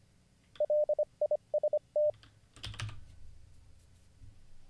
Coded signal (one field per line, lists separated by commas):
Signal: Morse code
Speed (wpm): 25 wpm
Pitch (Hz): 600 Hz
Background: none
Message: LIST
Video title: How to Learn Morse Code (Day 41) [Livestream]